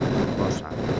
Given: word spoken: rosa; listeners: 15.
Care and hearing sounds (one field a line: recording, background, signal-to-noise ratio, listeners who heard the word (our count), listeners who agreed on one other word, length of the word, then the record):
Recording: one Spanish word in noise, from a listening test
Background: noise modulated by three-talker babble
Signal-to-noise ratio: -7.1 dB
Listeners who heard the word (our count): 1 of 15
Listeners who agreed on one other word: 12 of 15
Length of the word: 0.60 s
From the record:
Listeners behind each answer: 12, 1, 1, 1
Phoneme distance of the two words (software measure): 10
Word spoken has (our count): 2 syllables, 4 phonemes, stress on syllable 1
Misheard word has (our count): 2 syllables, 4 phonemes, stress on syllable 1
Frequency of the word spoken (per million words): 92.94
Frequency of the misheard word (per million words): 237.72